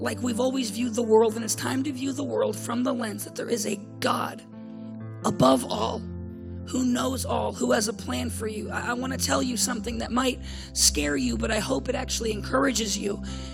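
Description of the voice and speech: A man speaks in a fairly high, rough, creaky voice, a hoarseness caused by scar tissue wrapped around his vocal cords after 21 throat surgeries for HPV warts in his throat in childhood that were closing off his airway.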